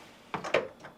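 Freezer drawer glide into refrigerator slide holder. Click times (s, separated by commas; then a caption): 0.3 s, 0.5 s. The lower freezer drawer glide is slid into the right-hand plastic slide holder (part WR72X20645) on a GE refrigerator. Two sharp snaps are heard at 0.3 s and 0.5 s, and the glide snaps into place, seated in the holder.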